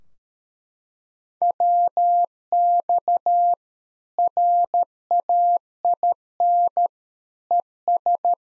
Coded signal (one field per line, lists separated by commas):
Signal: Morse code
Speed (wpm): 13 wpm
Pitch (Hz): 700 Hz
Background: none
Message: WX RAIN ES